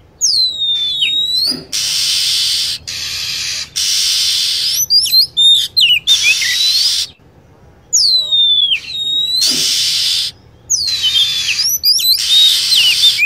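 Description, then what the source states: Lovebird vocalizing: many raspy screech bursts mix with quick, high, swooping chirps in busy, irregular runs. Lure recording for attracting birds.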